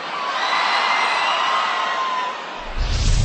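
A loud crowd roars with shouts and whoops, a dense sustained wall of voices that swells briefly before a burst of low rumbling near the end.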